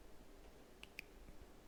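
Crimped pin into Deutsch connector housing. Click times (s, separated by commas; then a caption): 0.8 s, 1.0 s. A crimped round pin is pushed back through the rear of a weatherproof Harley Deutsch connector housing until it locks. Two faint, sharp clicks are heard at 0.8 s and 1.0 s over a low background hiss. The pin is seated in the housing.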